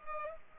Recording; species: mosquito wingbeat signal from an infrared sensor; Culex pipiens